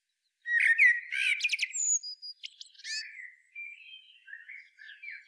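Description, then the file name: Common blackbird calling with loud harsh chattering notes at the start, then thin high squeaks and softer warbled twitters that fade toward the end. "Turdus merula"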